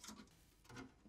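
A metal motherboard I/O shield is handled and pressed into the rear panel opening of a PC case during a Ryzen 9 PC build, making faint scraping and ticking handling noises around 0.1 s and again near 0.8 s. Nothing has seated or clicked yet.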